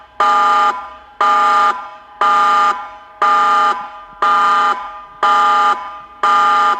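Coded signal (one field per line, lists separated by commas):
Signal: siren signal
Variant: Meerkat electronic siren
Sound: electronic siren tone pulsing on and off about once a second, seven pulses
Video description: Part 2 of 3 with the signal "TSUNAMI ALERT". Signal: Pulsating continuous tone Duration: 105 sec. Meaning: Danger of a tsunami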